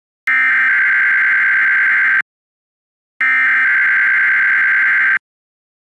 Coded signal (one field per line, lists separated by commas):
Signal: Emergency Alert System (SAME) tones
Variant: header bursts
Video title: Required Weekly Test From KIH 27 Tula's Oklahoma 10 AM CST WPLD IP Radio 5/27/26